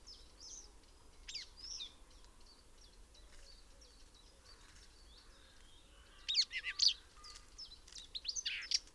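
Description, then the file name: Common whitethroat song: short scratchy warbled bursts stand out late, over a background of faint, thin high bird notes. "Grasmus Sylvia communis"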